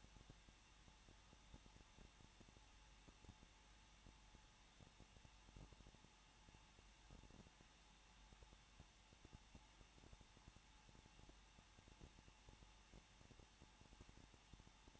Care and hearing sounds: daily activity, microphone in the room; no activity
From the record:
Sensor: 1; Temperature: 20.1 degrees Celsius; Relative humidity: 39.2%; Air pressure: 1006.3 hPa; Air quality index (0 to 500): 218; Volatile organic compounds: 78 ppm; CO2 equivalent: 3587 ppm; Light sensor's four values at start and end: 1/2/1/1 and 1/2/1/1

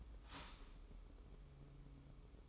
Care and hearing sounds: daily activity, microphone in the room; start toaster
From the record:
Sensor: 1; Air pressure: 995.3 hPa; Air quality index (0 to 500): 25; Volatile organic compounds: 0 ppm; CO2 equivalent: 505 ppm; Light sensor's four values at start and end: 17/58/21/23 and 17/58/21/23

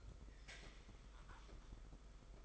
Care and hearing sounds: daily activity, microphone in the room; take from stove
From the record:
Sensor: 5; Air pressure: 991.3 hPa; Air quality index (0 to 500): 91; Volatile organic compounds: 11 ppm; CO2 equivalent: 2305 ppm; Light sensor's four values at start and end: 33/104/40/42 and 33/105/40/43

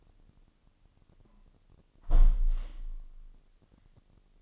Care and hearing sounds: daily activity, microphone in the room; close window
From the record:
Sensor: 4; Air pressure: 1005.5 hPa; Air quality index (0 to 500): 96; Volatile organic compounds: 2 ppm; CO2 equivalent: 1174 ppm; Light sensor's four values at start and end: 13/29/11/11 and 12/28/11/11

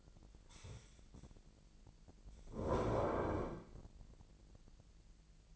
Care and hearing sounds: daily activity, microphone in the room; stand up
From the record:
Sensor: 5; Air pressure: 1002.1 hPa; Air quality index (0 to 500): 248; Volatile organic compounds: 31 ppm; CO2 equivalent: 2975 ppm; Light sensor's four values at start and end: 39/92/38/42 and 39/93/39/42

